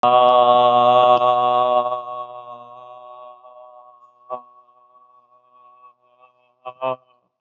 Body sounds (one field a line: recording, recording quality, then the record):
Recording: sustained vowel as in made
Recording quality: excellent, no background noise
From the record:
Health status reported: recovered from COVID-19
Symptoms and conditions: fever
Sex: male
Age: 27 years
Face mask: not worn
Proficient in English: yes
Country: India